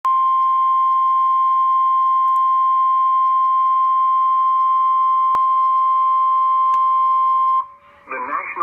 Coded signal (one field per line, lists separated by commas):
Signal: Emergency Alert System (SAME) tones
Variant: 1050 Hz attention tone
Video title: NOAA Weather Radio EAS Alert #34 (Tornado Warning)